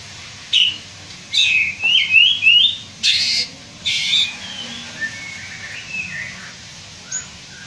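White-rumped shama song of short rising whistled phrases with sharp clicks, loud at first then fading to softer notes, over faint background hiss.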